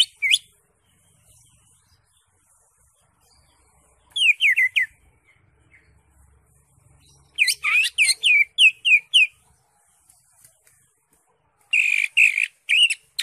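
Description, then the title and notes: Greater Green Leafbird song: short bursts of sharp, downslurred whistled notes separated by long quiet gaps, the final burst harsher and buzzier. Used as a training recording (masteran) for cage birds. "Suara Burung Cucak Ijo. mantap buat masteran burung cak ijo"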